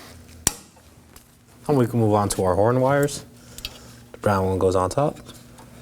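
While replacing the AC condenser on a 2013-2019 Nissan Sentra, the brown horn wire connector is handled to go onto the top horn terminal. Someone talks, with a sharp tap near 0.5 s and a few faint knocks around 3.6 s. Nothing has seated or clicked yet.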